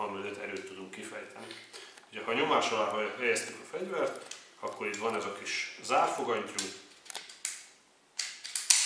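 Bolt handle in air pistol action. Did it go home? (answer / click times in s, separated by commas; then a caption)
yes / 8.7 s. Someone talks, then pulls back the small bolt handle of a pressurized Kandar CP1 CO2 air pistol. A few light mechanical clicks and knocks are followed by a sharp click at 8.7 s as the handle catches and the first mechanism is cocked.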